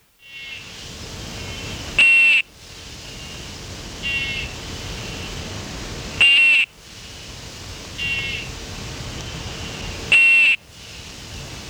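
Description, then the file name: Ornate nursery frog calling with short, high, tonal beeps. Louder bursts come about every four seconds, with fainter beeps in between, over a steady background hiss. "Cophixalus ornatus"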